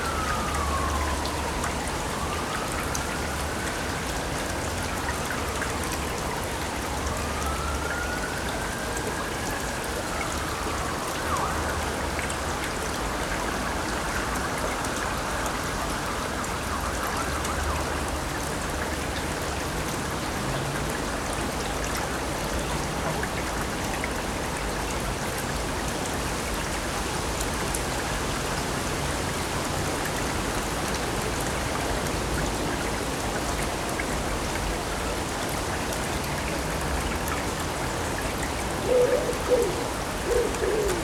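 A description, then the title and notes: Steady rushing river water along the river in Odense, with a rising and falling whistled tone early on and a few soft knocks near the end. Sounds along the river in Odense, Denmark.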